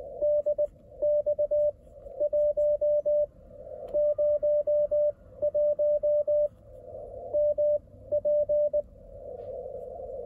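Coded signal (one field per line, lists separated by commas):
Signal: Morse code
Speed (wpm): 19 wpm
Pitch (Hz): 590 Hz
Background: radio noise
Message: DX101MP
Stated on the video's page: Beginner CW contact on 28 MHz at 18 WPM, IC-705 at 10W into a carbon fishing-rod wire antenna; other station used 4-element Yagi; conditions faded near the end.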